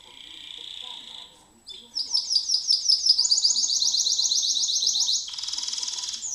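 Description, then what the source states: White-eye song: a soft high buzz, then a rapid run of bright, sharp twittering notes, closing in a fast, shimmering trill. Song delivered in the 'ngerol ngalas' style.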